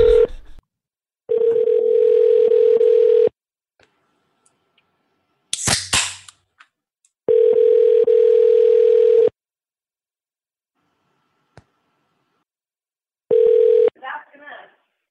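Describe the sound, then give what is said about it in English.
A steady, mid-pitched telephone tone sounds in three loud bursts of about two seconds each, separated by silences broken by a sharp click and brief line noises as a call back to a listener is dialed during a live radio show. “Well, I'm guessing they're listening to the show, so let's give him a call back.”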